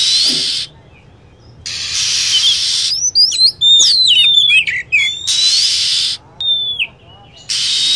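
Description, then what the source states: Lovebird chatter, with a quick cluster of shrill, twisting whistled notes and downward-sliding squeaks between stretches of steady, hissy noise. Lure sound used to attract lovebirds.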